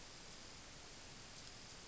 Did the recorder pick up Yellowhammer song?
no